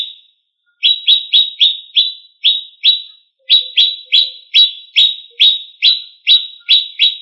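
Leafbird giving long runs of crisp, high, rapidly repeated chips, broken by short gaps.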